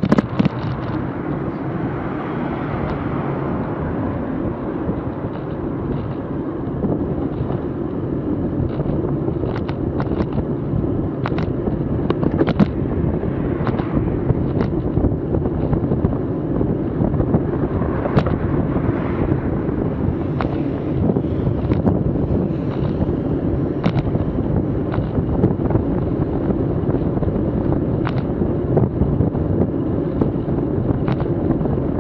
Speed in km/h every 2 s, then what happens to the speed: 20, 22, 24, 26, 27, 28, 29, 29, 29, 29, 30, 31, 32, 32, 32, 32.
0-12 speeds up to 29. 12-32 steady at about 30.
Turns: none.